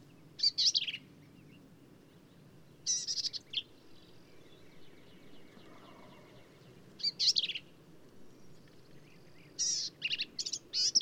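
Black-capped vireo song: four separate bursts of harsh, warbling high notes spaced several seconds apart over a quiet background.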